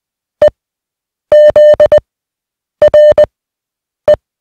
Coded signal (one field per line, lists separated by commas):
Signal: Morse code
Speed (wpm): 20 wpm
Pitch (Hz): 600 Hz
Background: music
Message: E Z R E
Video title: Morse Code Practice Set Two: Receiving 150 Groups of 1 (20WPM)